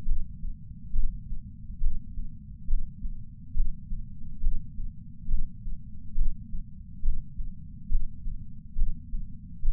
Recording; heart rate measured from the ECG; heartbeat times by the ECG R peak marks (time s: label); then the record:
heart sounds by patch sensor on the chest; 69 bpm
0.05 s: heartbeat
0.92 s: heartbeat
1.80 s: heartbeat
2.67 s: heartbeat
3.53 s: heartbeat
4.40 s: heartbeat
5.27 s: heartbeat
6.15 s: heartbeat
7.02 s: heartbeat
7.88 s: heartbeat
8.75 s: heartbeat
9.62 s: heartbeat
From the record:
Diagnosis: coronary artery disease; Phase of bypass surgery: intraoperative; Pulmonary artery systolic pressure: 30 mmHg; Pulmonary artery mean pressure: 20 mmHg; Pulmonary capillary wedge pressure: 14 mmHg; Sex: male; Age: 62 years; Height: 165 cm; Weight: 72 kg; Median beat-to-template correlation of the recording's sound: 0.95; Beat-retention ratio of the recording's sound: 0.98